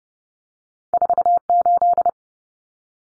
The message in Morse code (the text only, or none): 48